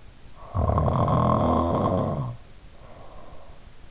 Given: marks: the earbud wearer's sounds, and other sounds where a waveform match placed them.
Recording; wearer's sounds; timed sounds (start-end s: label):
sounds in sleep by an in-ear microphone; snoring breath
0.25-3.62 s: snoring breath